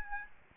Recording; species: mosquito wingbeat signal from an infrared sensor; Aedes albopictus